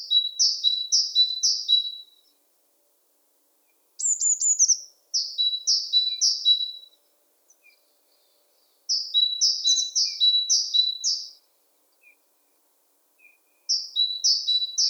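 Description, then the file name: Great tit song phrases of three to five clear two-note units, high then lower, repeated in bursts with gaps, plus one quick descending trill-like chatter. "Parus major"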